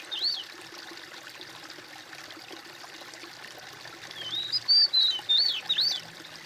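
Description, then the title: Bird whistling: a single short note at the start, a quiet stretch of hiss, then a fuller phrase of looping, rising and falling whistles near the end. "kOMPILASI suara bird"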